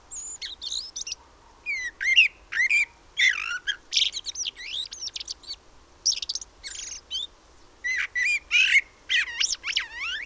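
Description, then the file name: Common blackbird calling with a run of fluty notes near mid pitch mixed with sharp, high twittering bursts and squeaky chirps, in short phrases with brief pauses. "Turdus merula"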